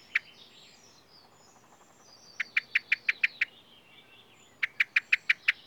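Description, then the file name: Common blackbird uttering hard, metallic chinks: one single note, then two rapid runs of about seven notes each, over faint twittering from other birds. "Turdus merula"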